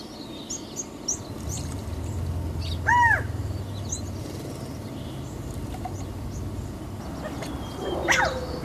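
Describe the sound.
California quail giving a single arched call note, rising then falling, near three seconds in, over a steady low rumble.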